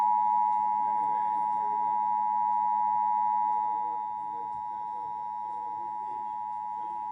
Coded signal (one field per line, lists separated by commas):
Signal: Emergency Alert System (SAME) tones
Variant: 853 and 960 Hz attention tone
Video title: Emergency Alert System-Severe Thunderstorm Warning